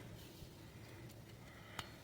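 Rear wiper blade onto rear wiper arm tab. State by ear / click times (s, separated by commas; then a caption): seated / 1.8 s. A rear wiper blade is pushed onto the plastic tab of a Dodge rear wiper arm. Against a quiet, steady background, a single short, sharp click sounds at 1.8 s as the blade seats in place on the arm.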